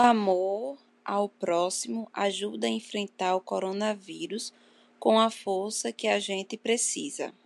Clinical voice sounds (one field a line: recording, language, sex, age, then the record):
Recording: spoken sentence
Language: Brazilian Portuguese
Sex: female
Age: 20 to 29 years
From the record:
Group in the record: control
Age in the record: 29 years